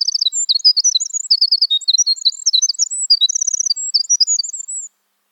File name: Winter Wren